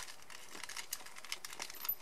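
The plastic back shell of a Blythe doll's head is handled against the front face shell at the side seam after its screws have been tightened, ready to be pressed together. Soft crinkly rustling is heard with a few light plastic ticks scattered through the two seconds. Nothing has seated or clicked into place yet.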